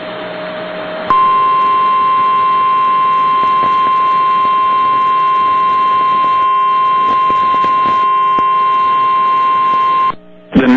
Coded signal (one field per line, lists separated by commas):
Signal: Emergency Alert System (SAME) tones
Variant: 1050 Hz attention tone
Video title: Severe Thunderstorm Warning | EAS #514